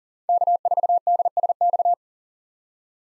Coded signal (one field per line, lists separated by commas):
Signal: Morse code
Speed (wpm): 40 wpm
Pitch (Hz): 700 Hz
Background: none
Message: K4DSX